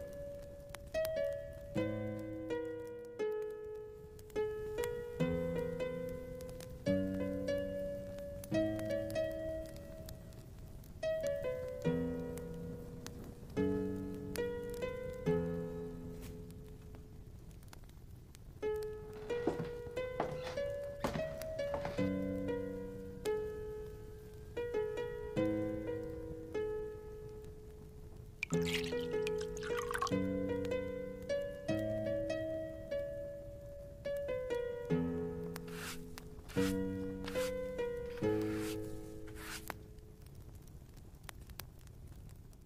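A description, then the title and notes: A lute plays a slow, gentle melody of plucked notes over low bass tones, the phrase circling back about every ten seconds. Soft clicks and knocks sit in the background, with a cluster of sharper taps and clinks in the last third. Quiet tavern asmr ambience with relaxing lute background music. It's pretty quiet tonight. Lute music playing.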